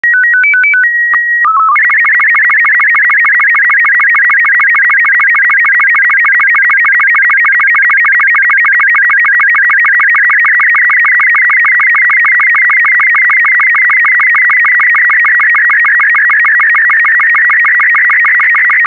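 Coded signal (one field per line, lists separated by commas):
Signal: SSTV (slow-scan television)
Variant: Robot36 mode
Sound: short two-tone header, then continuous warbling whistle with rapid regular ticking clicks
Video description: This video has been specially made to be decoded using the SSTV Robot36 format.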